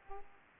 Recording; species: mosquito wingbeat signal from an infrared sensor; Aedes aegypti